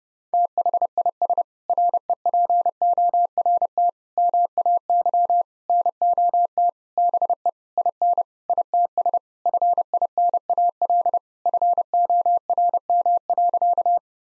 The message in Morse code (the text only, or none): THIS REPORT MAY NOT BE IN ITS FINAL FORM.